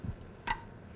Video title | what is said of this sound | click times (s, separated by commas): CTS 3000 Camera Tuning | as you can hear it'll fit right in you shouldn't have to force it at all it'll be a nice smooth snap | 0.5 s